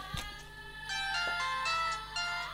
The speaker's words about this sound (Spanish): Ahí me están llamando, mira. Está sonando mi teléfono. Espere, déjeme ver quién es. Sí. Escúchalo.